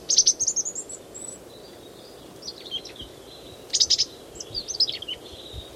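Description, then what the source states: Chickadee calls: bursts of high, sharp chipping notes, with two clusters near the start and again around four seconds, and softer notes between, over a low steady background hiss. Single chickadee foraging low in a Gambel oak thicket at 10:45, about 10 m away and 3 m up, hopping and calling repeatedly.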